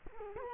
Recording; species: mosquito wingbeat signal from an infrared sensor; Culex quinquefasciatus